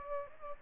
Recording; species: mosquito wingbeat signal from an infrared sensor; Aedes albopictus